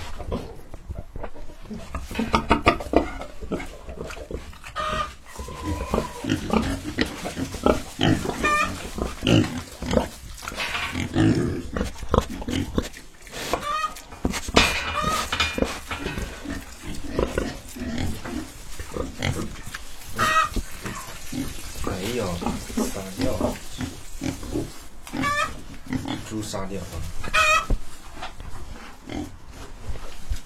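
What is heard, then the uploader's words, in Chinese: Pigs at a homemade pigsty grunt and squeal almost constantly, with sharp high squeals recurring and some human speech mixed into the steady din. 参观自家建的猪圈基地。第一次参观这么系统化大规模的猪圈。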